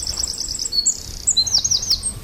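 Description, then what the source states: Eurasian Wren song: loud, high, rapid trills and sharp piercing notes tumbling quickly one after another, with faint outdoor background noise. Singing alone from a treetop in zoo wetlands in Ostrava, spring; not shy, used to many passing people; its nest is almost finished.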